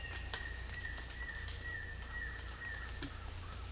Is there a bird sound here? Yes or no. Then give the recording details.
yes. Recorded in dense forest near Puerto Asís, Putumayo, Colombia, on 18 December 2024 at 07:00. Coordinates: 0.484, -76.317. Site G026